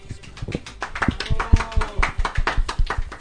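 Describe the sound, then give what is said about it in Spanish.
A crowd applauds a young woman as she is introduced, with steady, overlapping claps that hold at a fairly even loudness for a few seconds, with faint voices mixed in beneath the clapping. “Damas y caballeros, un aplauso, por favor, a la señorita”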